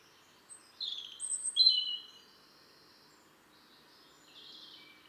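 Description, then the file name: European robin giving a brief burst of high, sweet warbling notes, then a faint thin phrase after a pause. "Erithacus rubecula"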